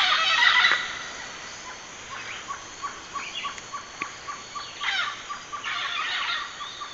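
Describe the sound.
Bird calls: a loud raspy burst at the start, then a string of soft regular clicking notes and two more harsh chattering bursts near the end.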